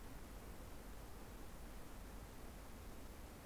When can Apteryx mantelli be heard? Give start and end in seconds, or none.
none